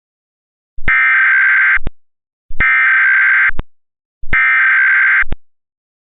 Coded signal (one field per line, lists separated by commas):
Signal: Emergency Alert System (SAME) tones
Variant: header bursts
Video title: EAS Mock: He Does Not Exist